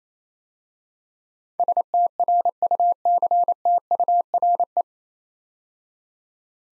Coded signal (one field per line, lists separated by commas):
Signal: Morse code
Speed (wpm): 28 wpm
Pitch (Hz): 700 Hz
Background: none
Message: STRUCTURE